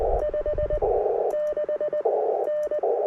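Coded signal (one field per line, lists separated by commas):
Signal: Morse code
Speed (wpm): 20 wpm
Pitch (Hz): 1800 Hz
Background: none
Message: 5 6 N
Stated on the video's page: CW at a POTA activation in a national forest using a 10 m delta loop and a 30 m wire vertical.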